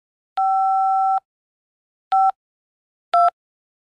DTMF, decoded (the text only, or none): 5 5 2